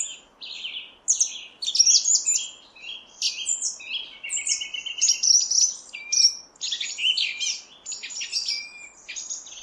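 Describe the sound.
Song thrush singing bright, high phrases of clipped notes, buzzy trills and whistles, each burst separated by short gaps, with no other clear sounds.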